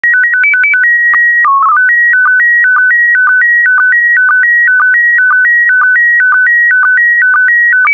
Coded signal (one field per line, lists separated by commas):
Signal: SSTV (slow-scan television)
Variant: PD 120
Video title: (08 of 12) ISS Expedition 65 - MAI 75 June 2021 - Retransmission SSTV PD120